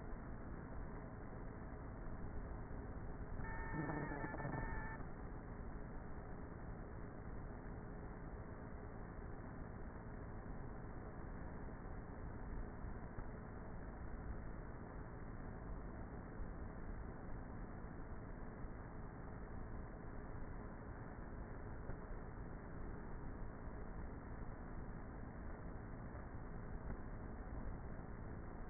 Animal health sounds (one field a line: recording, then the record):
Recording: honeybee colony, microphone inside the hive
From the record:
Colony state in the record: queenless with a low population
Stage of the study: before two queens were removed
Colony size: about 30,000 bees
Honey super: no